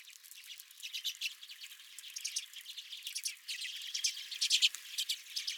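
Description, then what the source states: Redpolls calling in a flock, a dense chatter of quick, high buzzy chips and twitters running without pause throughout. Redpolls at the recordist's feeder.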